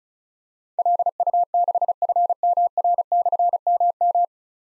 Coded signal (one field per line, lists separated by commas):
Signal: Morse code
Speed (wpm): 36 wpm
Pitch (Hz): 700 Hz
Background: none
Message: LU6FMR/MM